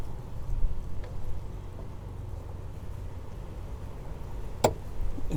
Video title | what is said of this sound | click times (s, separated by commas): 2016 Kia Sedona Headlight Replacement | there's the click it's in | 4.6 s